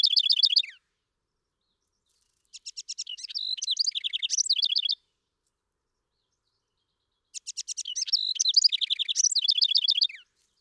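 House wren song, three phrases (the first cut off at the start), each full phrase a rapid bubbling cascade of chattering trills about two and a half to three seconds long, with silent gaps between.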